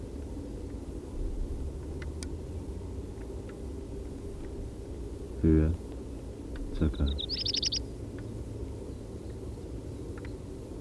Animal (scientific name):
Phoenicurus ochruros